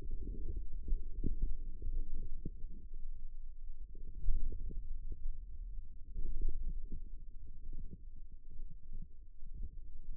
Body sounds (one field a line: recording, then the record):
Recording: forearm muscle sounds (acoustic myography)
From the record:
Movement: wrist flexion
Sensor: system 2, bracelet of six BSWA MPA416 microphones around the upper forearm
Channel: 3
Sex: male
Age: 22 years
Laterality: right